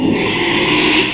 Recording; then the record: squeal of a Yucatan mini pig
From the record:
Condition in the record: after surgery on the right vocal fold (resection and tissue-engineered implant); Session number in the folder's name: 1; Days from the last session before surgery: 6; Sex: male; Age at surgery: 12 weeks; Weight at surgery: 13 kg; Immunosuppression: cyclosporine, prednisolone